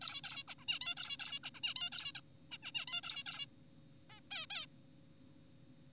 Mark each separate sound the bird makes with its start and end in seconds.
0.01-0.21, 0.24-0.43, 0.48-0.55, 0.59-0.65, 0.68-0.79, 0.81-0.95, 0.97-1.17, 1.20-1.39, 1.44-1.50, 1.55-1.60, 1.64-1.74, 1.76-1.90, 1.92-2.12, 2.15-2.20, 2.52-2.58, 2.63-2.71, 2.75-2.85, 2.88-3.01, 3.04-3.23, 3.26-3.46, 4.10-4.20, 4.31-4.46, 4.50-4.66